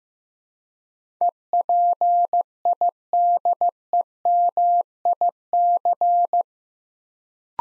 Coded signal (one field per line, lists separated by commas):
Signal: Morse code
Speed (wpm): 15 wpm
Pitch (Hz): 700 Hz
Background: none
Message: EPIDEMIC